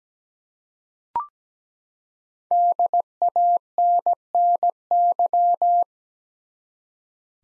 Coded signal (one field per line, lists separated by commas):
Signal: Morse code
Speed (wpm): 17 wpm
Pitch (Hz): 700 Hz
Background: none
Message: DANNY